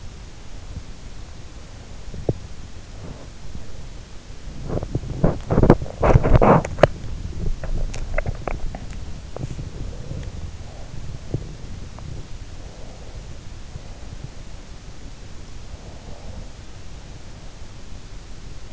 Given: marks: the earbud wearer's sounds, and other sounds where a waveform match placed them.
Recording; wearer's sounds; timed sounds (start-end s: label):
sounds in sleep by an in-ear microphone; body movement, swallowing, breath
1.79-7.21 s: body movement
7.75-9.72 s: swallowing
9.72-11.61 s: breath
12.54-14.43 s: breath
15.55-18.18 s: breath